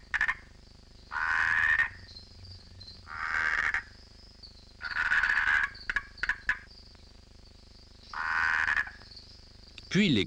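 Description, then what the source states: Andean marsupial tree frog gives several longer raspy buzzing bursts at irregular intervals, with a few brief clicks between two of them, over a constant thin high background tone. Laboratory colony of an Andean high-plateau frog; during mating period males call by inflating the vocal sac to attract a mate, and the serenade becomes a choppier rivalry signal to deter a competitor.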